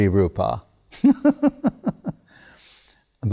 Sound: laughing